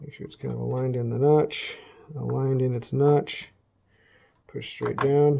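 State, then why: Not seated. Someone talks while a second RAM stick is lined up with the notch and pushed straight down with both fingers into a motherboard DIMM memory slot. Nothing has seated or clicked yet, and the retention clips have not closed by the end.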